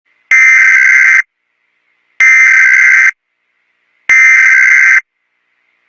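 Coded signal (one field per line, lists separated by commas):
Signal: Emergency Alert System (SAME) tones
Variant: header bursts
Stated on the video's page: Fictional emergency alert scenario, simulated rather than a real broadcast.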